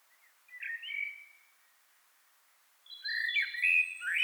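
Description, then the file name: Common blackbird delivering a short mellow note, a pause, then a louder flowing warble topped with high, thin squeaky notes. "Turdus merula"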